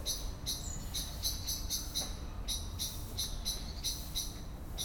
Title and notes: cologne, lütticherstrasse, amsel. amsel aufgeregt schimpfend fliegt von baum zu baum, im hintergrund fahrradfahrer und fussgänger auf dem bürgersteig, morgens. soundmap nrw